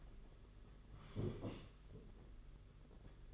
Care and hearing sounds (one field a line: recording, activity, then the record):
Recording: daily activity, microphone in the room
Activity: sit down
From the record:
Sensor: 4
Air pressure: 992.4 hPa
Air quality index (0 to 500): 117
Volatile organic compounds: 26 ppm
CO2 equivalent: 2859 ppm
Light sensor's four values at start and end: 20/72/26/27 and 20/72/26/28